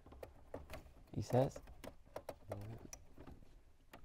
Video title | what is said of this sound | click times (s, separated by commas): Installing Android Carplay unit (small) in Land Rover Discovery 4 LR4 - Step by step V2 ! | there's no click hold on i need a click oh | none